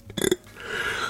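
A short, guttural burst of about a fifth of a second is followed by quiet room noise. It is a single ordinary, accidental burp (eructation) from an adult who has been taste-testing food while cooking.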